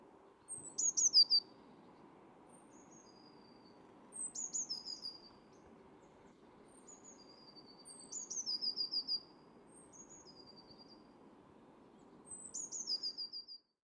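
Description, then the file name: Eurasian blue tit calling in four bursts, each a high thin note dropping into a fast stuttering trill, spaced a few seconds apart, with steady low rumble beneath. "Cyanistes caeruleus"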